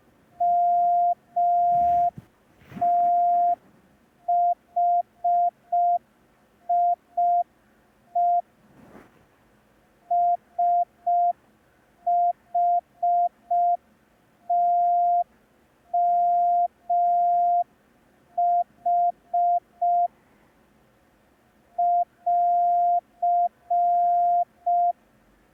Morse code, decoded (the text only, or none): MTHIE SHTMH <AR>